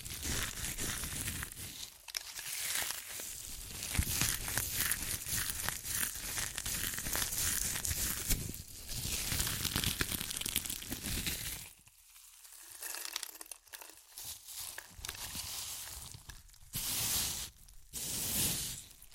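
Crunchy chips being crushed and eaten, a dense run of crackling and crinkling that thins into separate crunches after about twelve seconds.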